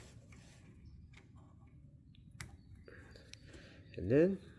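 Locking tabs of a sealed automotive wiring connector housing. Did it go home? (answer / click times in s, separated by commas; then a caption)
no / none. Someone talks while handling the plastic locking tabs of a sealed weather-pack style automotive wiring connector housing, its terminals just pushed in, during a fuel injection install on a big-block 1958 GMC pickup. Only faint handling ticks are heard, the sharpest near 2.4 s. The clip ends before the tabs are locked, so nothing has seated or clicked yet.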